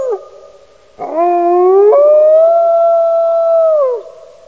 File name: Wolf